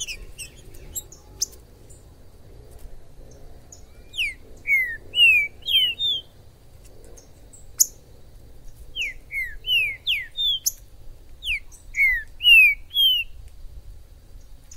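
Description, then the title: Green-winged saltator song: repeated groups of slurred downward whistles over a low hum, with sharp high chips between phrases. Wild bird in the forest, chirping, singing and displaying as a male ('macheando') in a singing dispute; labelled 'Major'; used to stir up a pet saltator. "ESQUENTAR Seu TRINCA Piando, Cantando E Macheando Na DISPUTA. TRINCA FERRO no MATO Trinca ferro MAJOR no MATO"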